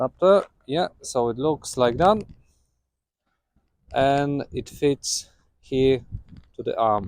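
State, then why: Not seated. Someone talks while handling a new Heyner front wiper blade's top-lock adapter against the wiper arm of a 2015-onwards Mercedes C-Class W205, with pauses between phrases. The adapter has not yet been pushed home; nothing has seated or clicked yet.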